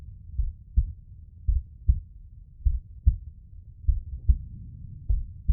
Calm Heart Beat.